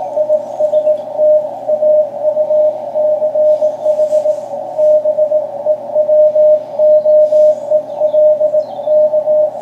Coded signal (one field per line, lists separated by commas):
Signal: Morse code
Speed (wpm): 18 wpm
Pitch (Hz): 610 Hz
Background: radio noise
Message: IST AUCH BEWOELK